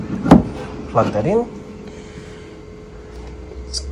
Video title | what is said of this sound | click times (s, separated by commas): Tesla Model Y Performance Australia - Charging at Home | connecting you can hear the click | 0.3 s